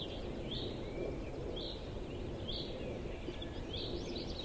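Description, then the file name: European robin calls: faint short high notes repeated about once a second over steady low rumbling background noise. "Erithacus rubecula"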